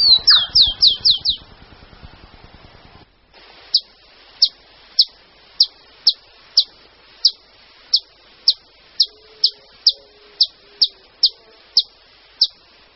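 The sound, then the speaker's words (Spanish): Rufous-collared sparrow song: a quick run of high, sliding whistled notes, then a steady series of sharp, bright chirps repeating evenly about twice a second, clear and alone. “Pero vamos a escuchar a un trino del chingolo.”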